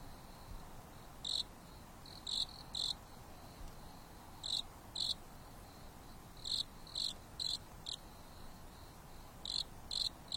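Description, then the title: Insect chirping, irregular high pulses scattered in small clusters, with a soft steady hiss beneath. Insects singing leisurely at night on a mountain top under a starry sky, with a gentle breeze. "There is a gentle breeze blowing on the top of the mountain under the starry sky, and the insects are singing leisurely."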